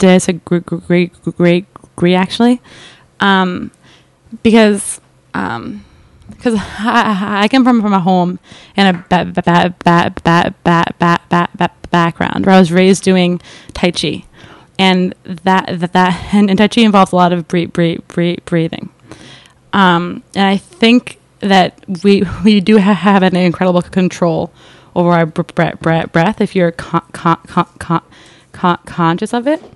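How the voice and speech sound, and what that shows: Adult female speaker who stutters openly, without fluency techniques, shortly after an intensive stuttering therapy program. Her speech is fast, with frequent part-word and syllable repetitions ("ba-ba-ba-background", "bre-bre-breathing", "co-co-conscious"), prolonged sounds, filled pauses ("um"), and many pauses.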